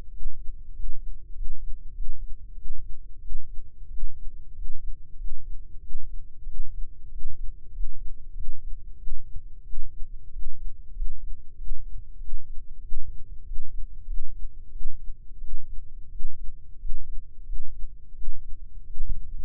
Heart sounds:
heart sounds by microphone in the left ear; 93 bpm
0.08 s: heartbeat
0.71 s: heartbeat
1.31 s: heartbeat
1.91 s: heartbeat
2.53 s: heartbeat
3.17 s: heartbeat
3.86 s: heartbeat
4.51 s: heartbeat
5.14 s: heartbeat
5.77 s: heartbeat
6.42 s: heartbeat
7.07 s: heartbeat
7.69 s: heartbeat
8.31 s: heartbeat
8.94 s: heartbeat
9.60 s: heartbeat
10.29 s: heartbeat
10.91 s: heartbeat
11.54 s: heartbeat
12.16 s: heartbeat
12.79 s: heartbeat
13.42 s: heartbeat
14.03 s: heartbeat
14.68 s: heartbeat
15.36 s: heartbeat
16.07 s: heartbeat
16.76 s: heartbeat
17.42 s: heartbeat
18.11 s: heartbeat
18.83 s: heartbeat
From the record:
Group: healthy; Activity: rest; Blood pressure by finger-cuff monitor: 108/86 mmHg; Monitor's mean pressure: 94 mmHg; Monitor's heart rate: 95 bpm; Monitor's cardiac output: 6.3 L/min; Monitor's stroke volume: 67 mL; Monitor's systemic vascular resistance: 1100 dyn s/cm5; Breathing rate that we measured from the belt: 19 breaths a minute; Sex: male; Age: 21 years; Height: 180 cm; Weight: 67.5 kg

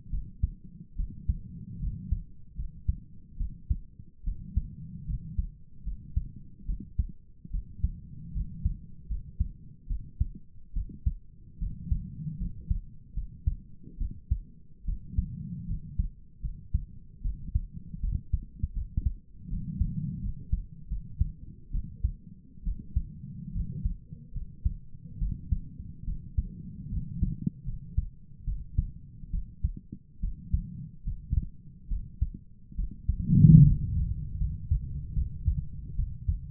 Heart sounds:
heart sounds by stethoscope; 74 bpm
0.11 s: heartbeat
0.97 s: heartbeat
1.81 s: heartbeat
2.57 s: heartbeat
3.38 s: heartbeat
4.25 s: heartbeat
5.07 s: heartbeat
5.85 s: heartbeat
6.67 s: heartbeat
7.52 s: heartbeat
8.34 s: heartbeat
9.09 s: heartbeat
9.88 s: heartbeat
10.74 s: heartbeat
11.60 s: heartbeat
12.39 s: heartbeat
13.15 s: heartbeat
13.99 s: heartbeat
14.86 s: heartbeat
15.68 s: heartbeat
16.42 s: heartbeat
17.23 s: heartbeat
18.01 s: heartbeat
18.74 s: heartbeat
19.50 s: heartbeat
20.22 s: heartbeat
20.89 s: heartbeat
21.72 s: heartbeat
22.65 s: heartbeat
23.54 s: heartbeat
24.34 s: heartbeat
25.19 s: heartbeat
26.05 s: heartbeat
26.90 s: heartbeat
27.66 s: heartbeat
28.45 s: heartbeat
29.31 s: heartbeat
30.21 s: heartbeat
31.05 s: heartbeat
31.89 s: heartbeat
32.76 s: heartbeat
33.64 s: heartbeat
34.39 s: heartbeat
35.15 s: heartbeat
35.96 s: heartbeat
From the record:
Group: healthy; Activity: rest 0-34 s, breath hold 34-37 s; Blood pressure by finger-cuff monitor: 127/66 mmHg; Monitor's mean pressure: 83 mmHg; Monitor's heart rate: 74 bpm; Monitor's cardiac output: 7.1 L/min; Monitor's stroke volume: 96 mL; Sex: female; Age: 22 years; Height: 160 cm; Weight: 63 kg

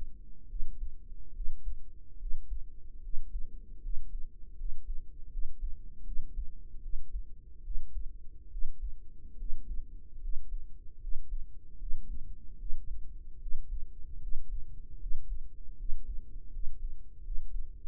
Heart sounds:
heart sounds by microphone in the right ear; 75 bpm
0.46 s: heartbeat
1.31 s: heartbeat
2.16 s: heartbeat
2.99 s: heartbeat
3.79 s: heartbeat
4.54 s: heartbeat
5.28 s: heartbeat
6.02 s: heartbeat
6.79 s: heartbeat
7.60 s: heartbeat
8.47 s: heartbeat
9.35 s: heartbeat
10.18 s: heartbeat
10.97 s: heartbeat
11.76 s: heartbeat
12.55 s: heartbeat
13.37 s: heartbeat
14.17 s: heartbeat
14.96 s: heartbeat
15.74 s: heartbeat
16.49 s: heartbeat
17.20 s: heartbeat
From the record:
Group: healthy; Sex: female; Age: 32 years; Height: 168 cm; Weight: 61.9 kg

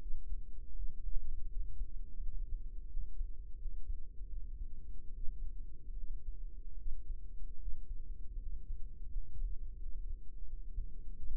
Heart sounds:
heart sounds by microphone in the right ear; 81 bpm
0.73 s: heartbeat
1.47 s: heartbeat
2.18 s: heartbeat
2.87 s: heartbeat
3.56 s: heartbeat
4.27 s: heartbeat
5.11 s: heartbeat
5.93 s: heartbeat
6.75 s: heartbeat
7.57 s: heartbeat
8.36 s: heartbeat
9.07 s: heartbeat
9.76 s: heartbeat
10.43 s: heartbeat
11.14 s: heartbeat
From the record:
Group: healthy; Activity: rest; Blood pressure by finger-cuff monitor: 101/56 mmHg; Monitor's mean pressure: 71 mmHg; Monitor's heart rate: 83 bpm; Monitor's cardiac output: 7.1 L/min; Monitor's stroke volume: 87 mL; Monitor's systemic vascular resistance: 700 dyn s/cm5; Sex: female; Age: 26 years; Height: 165 cm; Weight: 55 kg

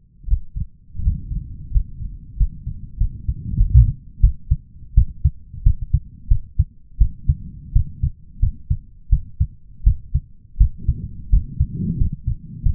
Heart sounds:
heart sounds by stethoscope; 87 bpm
0.27 s: heartbeat
1.01 s: heartbeat
1.70 s: heartbeat
2.36 s: heartbeat
2.98 s: heartbeat
3.57 s: heartbeat
4.20 s: heartbeat
4.94 s: heartbeat
5.63 s: heartbeat
6.28 s: heartbeat
6.98 s: heartbeat
7.73 s: heartbeat
8.40 s: heartbeat
9.10 s: heartbeat
9.84 s: heartbeat
10.58 s: heartbeat
11.30 s: heartbeat
11.98 s: heartbeat
12.63 s: heartbeat
From the record:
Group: healthy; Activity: breath hold 0-2 s, rest 2-13 s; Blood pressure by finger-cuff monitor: 158/92 mmHg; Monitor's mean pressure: 114 mmHg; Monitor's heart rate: 86 bpm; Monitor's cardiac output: 8.1 L/min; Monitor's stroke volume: 94 mL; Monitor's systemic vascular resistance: 1020 dyn s/cm5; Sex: male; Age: 23 years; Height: 179 cm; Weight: 87 kg

